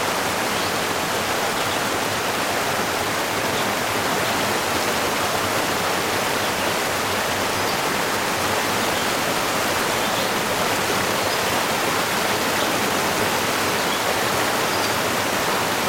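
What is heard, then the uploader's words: A Catskill mountain stream pours over falls in a steady, dense rush that holds the same level for the whole stretch. The sound is full and hissing, brightest in the upper range with a softer low rumble beneath, and no birds stand out. In early summer there are enough rocks sticking out so walking up it is possible.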